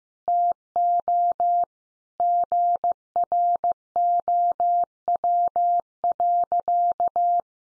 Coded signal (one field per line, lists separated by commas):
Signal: Morse code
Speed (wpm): 15 wpm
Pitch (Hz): 700 Hz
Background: none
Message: TO GROW.